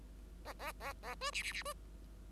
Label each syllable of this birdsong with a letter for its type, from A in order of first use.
A A A A B C C C B